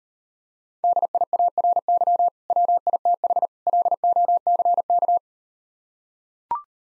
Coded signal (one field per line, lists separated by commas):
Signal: Morse code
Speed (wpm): 38 wpm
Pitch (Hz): 700 Hz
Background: none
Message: DIARY WITH LOCK